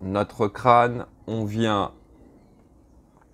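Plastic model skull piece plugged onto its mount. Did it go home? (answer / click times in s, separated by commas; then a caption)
no / none. Someone talks while picking up the plastic skull piece of an Altaya Optimus Prime model (issue 1), about to plug it onto its mount. The speech ends around 1.9 s, followed by quiet handling with a few faint ticks near the end. Nothing has seated or clicked yet.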